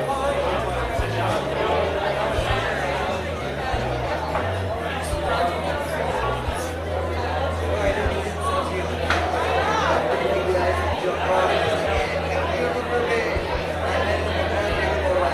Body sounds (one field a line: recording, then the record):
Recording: background sound without coughing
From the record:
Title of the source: CITY SOUNDS Busy Bar in the Evening Night - 2 HOURS of Ambiance for Relaxation